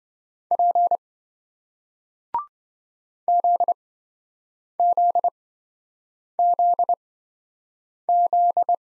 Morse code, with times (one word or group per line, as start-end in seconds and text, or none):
0.5-1.0 P
3.3-8.7 ZZZZ